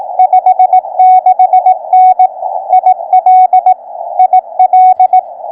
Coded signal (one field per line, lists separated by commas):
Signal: Morse code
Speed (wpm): 20 wpm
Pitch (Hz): 740 Hz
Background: radio noise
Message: 56N IL IL